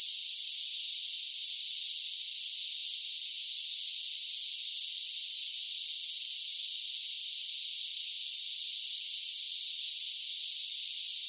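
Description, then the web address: Cicadas singing in a steady, unbroken high buzz that holds the same pitch and loudness throughout, with no other sounds. "Blast Wave Update 1 Cicadas Sing"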